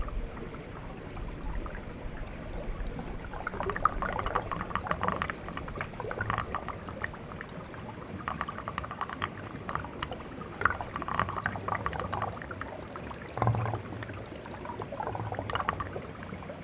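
A mostly frozen stream trickles and gurgles, a fairly steady murmur of running water with small splashing bursts around the fourth to sixth seconds, near eleven and again near thirteen to sixteen seconds. A low rumble sits underneath throughout.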